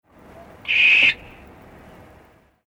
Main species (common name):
Western Barn Owl